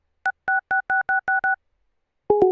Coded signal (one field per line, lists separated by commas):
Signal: DTMF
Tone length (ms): 140 ms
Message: 666666